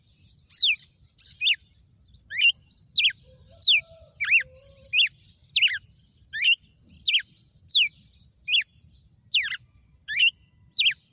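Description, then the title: Red-cowled cardinal delivering a long run of many loud, downward-slurred whistled notes, roughly one every two-thirds of a second, with a soft lower warble early on. Female red-cowled cardinal; title names a bird Fenrir and says it gave 'açoite' that day. "Canto Galo Campina Fêmea 06. GALO DE CAMPINA FENRIR - HJ FOI AÇOITE VIU??"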